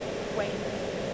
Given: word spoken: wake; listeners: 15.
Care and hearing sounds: one English word in noise, from a listening test; speech-shaped noise; -5.1 dB; 3 of 15; 7 of 15; 0.74 s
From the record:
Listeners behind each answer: 7, 3, 1, 1, 1, 1, 1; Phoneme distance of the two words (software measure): 10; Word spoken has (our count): 1 syllable, 3 phonemes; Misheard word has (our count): 1 syllable, 3 phonemes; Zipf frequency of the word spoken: 4.64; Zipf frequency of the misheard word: 4.82

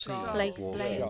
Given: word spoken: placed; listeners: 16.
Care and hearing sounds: one English word in noise, from a listening test; four-talker babble; -0.5 dB; 0 of 16; 11 of 16; 0.70 s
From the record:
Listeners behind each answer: 11, 1, 1, 1, 1, 1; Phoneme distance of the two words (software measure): 7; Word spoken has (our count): 1 syllable, 5 phonemes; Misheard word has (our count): 1 syllable, 4 phonemes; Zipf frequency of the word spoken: 4.40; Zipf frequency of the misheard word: 5.78

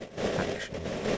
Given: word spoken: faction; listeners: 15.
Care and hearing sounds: one English word in noise, from a listening test; noise modulated by three-talker babble; -6.7 dB; 1 of 15; 8 of 15; 0.78 s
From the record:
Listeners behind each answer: 8, 5, 1, 1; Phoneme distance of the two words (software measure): 34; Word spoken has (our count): 2 syllables, 5 phonemes, stress on syllable 1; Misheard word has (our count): 2 syllables, 5 phonemes, stress on syllable 1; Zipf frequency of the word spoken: 2.87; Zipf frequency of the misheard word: 4.60

